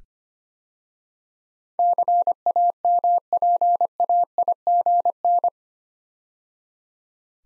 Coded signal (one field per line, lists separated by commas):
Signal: Morse code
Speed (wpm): 25 wpm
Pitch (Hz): 700 Hz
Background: none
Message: CAMPAIGN